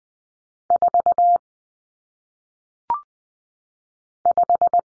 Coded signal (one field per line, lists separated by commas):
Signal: Morse code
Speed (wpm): 20 wpm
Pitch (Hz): 700 Hz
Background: none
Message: 4 5